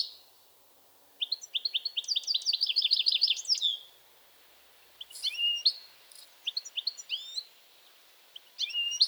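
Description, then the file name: European goldfinch song: a quick, rattling series of sharp repeated notes, then a pause and scattered liquid twitters and chirps. "Carduelis carduelis"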